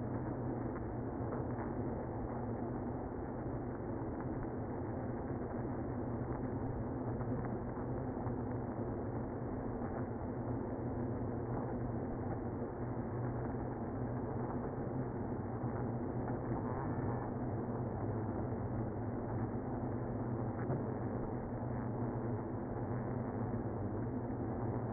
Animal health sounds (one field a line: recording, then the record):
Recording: honeybee colony, microphone inside the hive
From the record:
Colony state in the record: queenless (queen removed)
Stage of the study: after two queens were removed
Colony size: about 60,000 bees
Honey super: yes